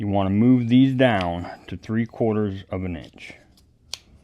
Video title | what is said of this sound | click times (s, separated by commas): Woodworking projects that Actually Sell ep.20 of stuck on sawdust | and they'll snap right in place now just take your bit and | 3.9 s